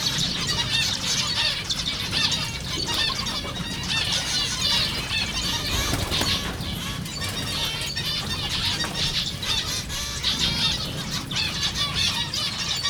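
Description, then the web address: Zebra finch calls: a loud, continuous flock chatter of rapid nasal beeps and twittering, steady for the whole stretch over low background noise. Recorded at Jászberény Zoo in 2015. "allathangok jaszberenyizoo 2015 professzionalis zebrapinty zebrapinty rizspinty"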